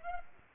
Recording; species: mosquito wingbeat signal from an infrared sensor; Culex pipiens